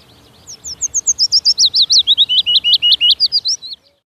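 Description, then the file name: Willow warbler delivering one gentle phrase of about twenty rapid whistled notes that softly wavers and slides downward before stopping abruptly. "Piecuszek"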